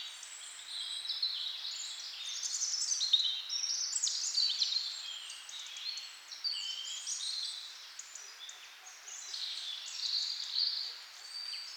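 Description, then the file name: Bird chorus of rapid high chirps and trills, several singers overlapping continuously with uneven rhythm throughout. "melodiez vogels"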